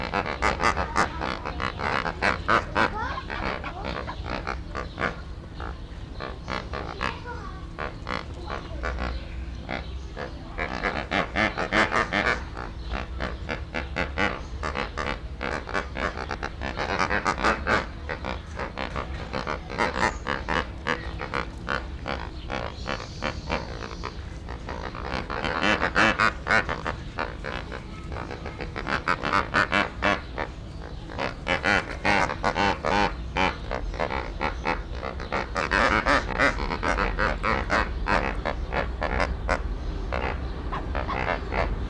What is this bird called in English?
Lesser Flamingo